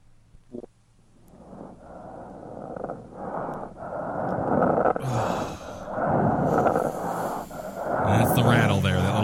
Sometimes crackles are produced by the accumulation of secretions in the airway. When the secretions are profuse, the crackles can be heard over the mouth as well as over the chest wall, a sign known to ancient physicians as the death rattle. Hear a death rattle in a dying patient over the mouth.